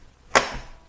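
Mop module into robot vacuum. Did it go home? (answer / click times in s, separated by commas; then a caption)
yes / 0.4 s. A mop plate or water tank module is lined up and pushed onto the underside of a Roborock Q7 Max robot vacuum. A single sharp, bright click at 0.4 s rings out briefly over a quiet background, and the module is confirmed seated.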